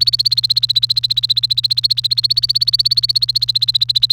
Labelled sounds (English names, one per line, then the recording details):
Domestic Canary song
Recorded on 29 April 2018 at 16:02
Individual llb3